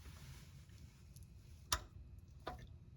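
A torque wrench tightens the oil drain plug into the steel engine oil pan of a Ford Expedition to 20 ft-lb. Over a low background rumble, faint ticks come before a sharp, loud click at 1.7 s, and a second, softer click follows at about 2.5 s. The wrench clicks, confirming the plug is torqued.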